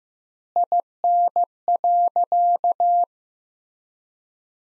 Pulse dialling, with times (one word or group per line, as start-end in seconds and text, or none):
none